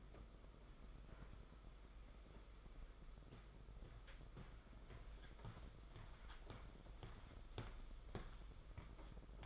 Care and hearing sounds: daily activity, microphone in the room; walk to room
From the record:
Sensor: 5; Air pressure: 991.3 hPa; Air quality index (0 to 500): 92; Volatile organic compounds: 12 ppm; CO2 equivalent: 2326 ppm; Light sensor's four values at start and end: 36/118/44/47 and 32/101/39/42

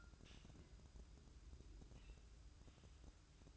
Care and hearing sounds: daily activity, microphone in the room; take from stove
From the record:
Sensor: 2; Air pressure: 1008.0 hPa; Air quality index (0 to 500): 109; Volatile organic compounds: 1 ppm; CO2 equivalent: 819 ppm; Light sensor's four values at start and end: 6/15/6/6 and 6/15/6/6

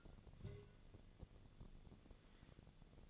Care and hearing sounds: daily activity, microphone in the room; take from stove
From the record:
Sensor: 4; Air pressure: 1000.8 hPa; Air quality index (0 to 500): 125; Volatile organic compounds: 1 ppm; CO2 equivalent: 943 ppm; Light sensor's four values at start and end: 41/99/42/46 and 41/99/42/46

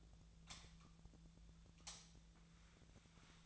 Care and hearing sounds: daily activity, microphone in the room; light on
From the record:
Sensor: 3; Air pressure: 1009.7 hPa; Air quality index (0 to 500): 189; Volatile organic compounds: 14 ppm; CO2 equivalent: 2465 ppm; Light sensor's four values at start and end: 39/96/41/44 and 45/119/50/51

